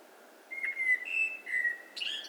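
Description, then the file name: Common blackbird song: a sustained phrase of smooth, fluted whistles at a steady pitch, ending in a burst of high twittering. "Turdus merula"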